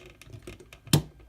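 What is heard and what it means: A plastic fin on a Transformers Legends LG-EX Big Powered Set Dai Atlas toy, which tends to flip up, is held in position and pressed into the transforming toy body. After a few faint light ticks, the fin snaps into place with one sharp, loud click at 0.9 s. It is seated.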